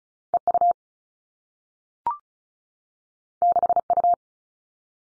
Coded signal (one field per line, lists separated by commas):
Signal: Morse code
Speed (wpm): 36 wpm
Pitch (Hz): 700 Hz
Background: none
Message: E U 6 U